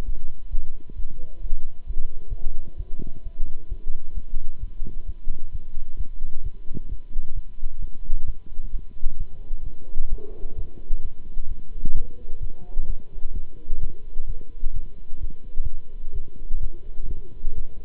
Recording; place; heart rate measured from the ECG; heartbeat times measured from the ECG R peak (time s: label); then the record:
heart sounds by stethoscope; between the tricuspid and mitral areas; 130 bpm
0.04 s: heartbeat
0.50 s: heartbeat
0.95 s: heartbeat
1.41 s: heartbeat
1.86 s: heartbeat
2.27 s: heartbeat
2.76 s: heartbeat
3.22 s: heartbeat
3.68 s: heartbeat
4.14 s: heartbeat
4.59 s: heartbeat
5.05 s: heartbeat
5.51 s: heartbeat
5.97 s: heartbeat
6.42 s: heartbeat
6.88 s: heartbeat
7.34 s: heartbeat
7.79 s: heartbeat
8.25 s: heartbeat
8.71 s: heartbeat
9.17 s: heartbeat
9.63 s: heartbeat
10.09 s: heartbeat
10.55 s: heartbeat
11.01 s: heartbeat
11.47 s: heartbeat
11.93 s: heartbeat
12.40 s: heartbeat
12.86 s: heartbeat
13.33 s: heartbeat
13.79 s: heartbeat
14.26 s: heartbeat
14.73 s: heartbeat
15.20 s: heartbeat
15.62 s: heartbeat
16.12 s: heartbeat
16.59 s: heartbeat
17.07 s: heartbeat
17.54 s: heartbeat
From the record:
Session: Bruce protocol treadmill stress test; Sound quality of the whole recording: good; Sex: male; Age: 26 years